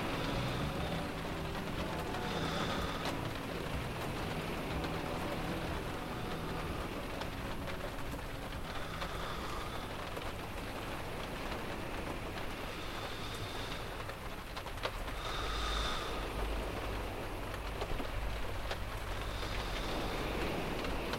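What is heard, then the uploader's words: Rain falls through the night by the ocean in a steady, dense hiss that holds even across the whole stretch. A low rumble rolls underneath, swelling a little after the middle, and faint brighter washes rise and fade every few seconds. A Rainy Night by the Ocean.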